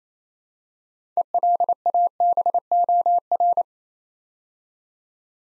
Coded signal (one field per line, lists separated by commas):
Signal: Morse code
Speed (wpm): 27 wpm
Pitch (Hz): 700 Hz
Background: none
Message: ELABOR